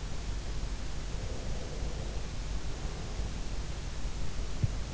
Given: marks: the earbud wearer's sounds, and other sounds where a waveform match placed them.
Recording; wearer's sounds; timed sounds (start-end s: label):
sounds in sleep by an in-ear microphone; breath
0.91-3.45 s: breath
4.55-4.85 s: sound from someone else or the room